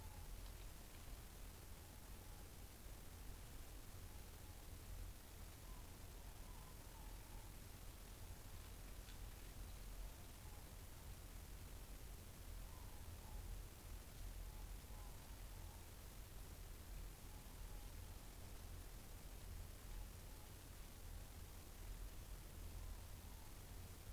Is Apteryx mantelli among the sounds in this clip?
no